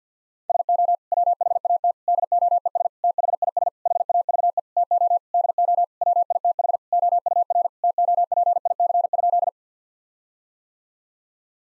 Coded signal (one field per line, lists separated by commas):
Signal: Morse code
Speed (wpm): 50 wpm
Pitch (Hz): 700 Hz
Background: none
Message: SO WHAT DOES THIS HAVE TO DO WITH OUR TOPIC?